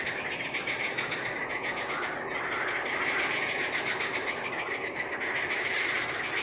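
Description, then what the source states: Many frogs in a thick chorus of rapid trilled pulses, constant and overlapping, with a couple of brief sharp clicks near the start. Recorded in Czechia.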